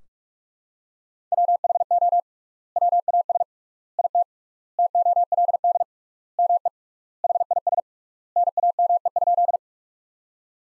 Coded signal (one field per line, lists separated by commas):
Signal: Morse code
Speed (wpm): 42 wpm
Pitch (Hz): 700 Hz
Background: none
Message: WHO WAS IT TOLD ME HIS NAME?